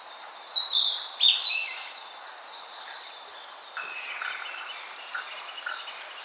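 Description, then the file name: Narcissus flycatcher song: two loud whistled phrases near the start, followed by fainter chirps and soft notes in a quiet background. "Ficedula narcissina"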